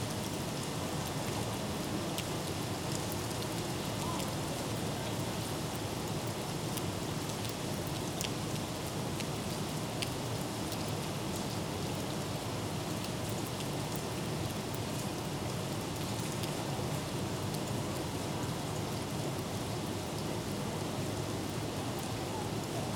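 Light summer rain heard from an office window, a steady, dense fizz of droplets that stays even throughout. Brief sharp ticks of individual drops land every few seconds, and a low murmur underneath hints at activity outside.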